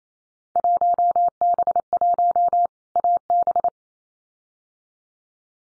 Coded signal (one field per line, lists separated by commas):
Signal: Morse code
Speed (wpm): 28 wpm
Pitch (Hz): 700 Hz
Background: none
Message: 1B1 AB